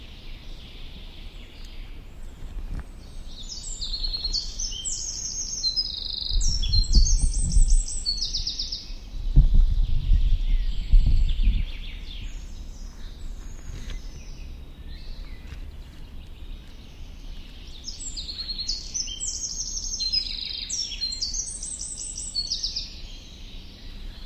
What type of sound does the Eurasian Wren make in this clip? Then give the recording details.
song. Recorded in the wild. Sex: male. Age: adult. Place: Bogensee, Barnim, Brandenburg, DE. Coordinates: 52.7714, 13.5294. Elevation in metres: 60. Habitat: deciduous forest. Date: 2003-06-11. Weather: 20°C, cloudy, almost windless. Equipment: Tascam DA-P1, Sennheiser MKH 70. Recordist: Frommolt, Karl-Heinz. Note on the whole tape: Erlenbestand am Forstamt Lanke am Bogensee: Gesang eines Zaunkönigs. Entfernung ca. 50 m